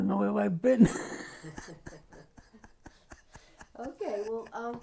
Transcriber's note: laughs